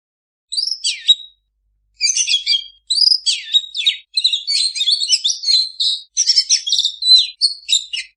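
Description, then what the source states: Oriental magpie-robin song: bursts of rich, high, varied whistles and chattering notes, growing denser and almost continuous after a brief opening pause, with no other sounds. Master recording (masteran) of a vigorously singing (gacor) kacer, intended to be played for owners' kacer that do not sing (bisu).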